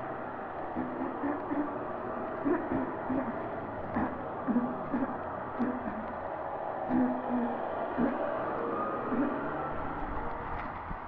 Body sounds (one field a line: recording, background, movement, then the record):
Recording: throat clearing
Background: traffic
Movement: sitting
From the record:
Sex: female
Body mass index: 36.4 kg/m2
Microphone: on the chest, facing the body